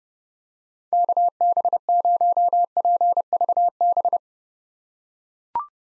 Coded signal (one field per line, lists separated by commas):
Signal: Morse code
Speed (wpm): 32 wpm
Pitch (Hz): 700 Hz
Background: none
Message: KB0PVB